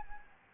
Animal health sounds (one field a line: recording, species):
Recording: mosquito wingbeat signal from an infrared sensor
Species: Anopheles gambiae